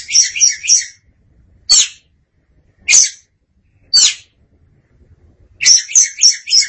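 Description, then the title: Oriental magpie-robin song: a rapid trilled phrase, three separate sharp notes about a second apart, then another quick run of bright notes. Long-duration birdsong. "Suara Kicauan Burung Kacer Durasi Panjang"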